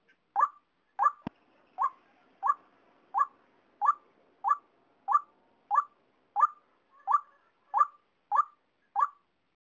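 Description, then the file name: White-breasted waterhen giving a steady run of short, hollow mid-pitched notes, about one and a half per second, with one sharp click early on. "เสียงนกกวักนกไก่นา"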